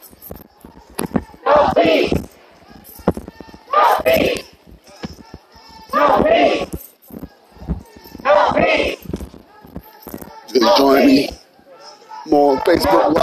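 A protest in Niagara Square, Downtown Buffalo, heard as loud voices calling out in short bursts roughly every two seconds, with quieter gaps between. Sharp knocks and clatters punctuate the pauses, and faint murmuring continues underneath.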